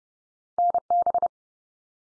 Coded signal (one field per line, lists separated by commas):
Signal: Morse code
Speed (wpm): 30 wpm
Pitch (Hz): 700 Hz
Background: none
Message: NB